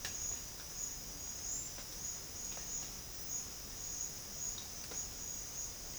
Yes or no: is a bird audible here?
no